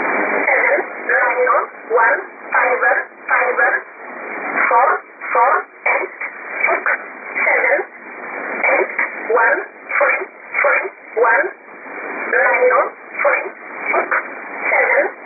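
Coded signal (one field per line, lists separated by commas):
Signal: numbers station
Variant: E11 Oblique, English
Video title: 04 01 2018 Numbers station E11 Oblique in English to Eu 0652 on 7840 unknown tx site in USB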